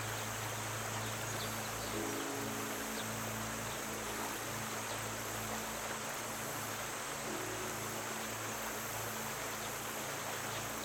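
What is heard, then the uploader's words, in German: River current rushes in a steady, dense hiss, with low sustained humming tones underneath and a brief higher tone around two and seven seconds. Geräusch der Flussströmung und Entspannender MUSIK.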